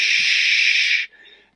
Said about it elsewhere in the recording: Accident which whiplashed me, and just shortly after that, I had the tinnitus come on. It's not just ringing. It sounds like electrical power line sound. Shh. Mine is at about 92 dB on the decibel scale.